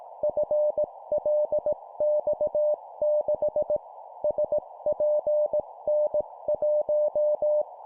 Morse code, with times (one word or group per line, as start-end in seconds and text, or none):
0.2-3.8 FLX6
4.2-7.6 SPN1